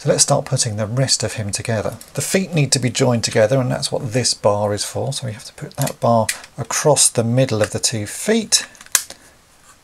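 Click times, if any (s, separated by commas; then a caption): 9.0 s. Someone talks while pressing a plastic crossbar across the middle of the two feet of a vintage Transformers G1 Jumpstarters Twin Twist transforming robot toy, joining the feet before a screw goes in on either side. A sharp, loud click is heard at 9.0 s as the bar seats into place.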